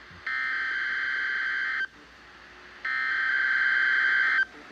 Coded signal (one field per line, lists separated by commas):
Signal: Emergency Alert System (SAME) tones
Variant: header bursts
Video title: NOAA Weather Radio Weekly Wednesday Test #50 (4-29-2020)